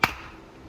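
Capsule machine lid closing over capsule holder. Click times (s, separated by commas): 0.0 s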